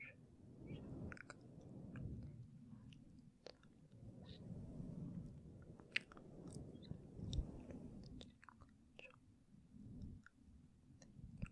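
Gentle mic touching fills the whole clip: soft, low rubbing and thumping that swells and fades every second or two. Small crisp clicks and ticks scatter throughout, a few sharper taps around six and seven seconds.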